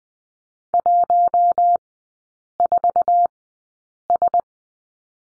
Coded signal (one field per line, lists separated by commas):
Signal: Morse code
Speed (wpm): 20 wpm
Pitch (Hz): 700 Hz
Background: none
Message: 14S